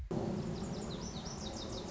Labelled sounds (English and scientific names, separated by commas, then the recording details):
Lazuli Bunting (Passerina amoena)
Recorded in Sonoma County, California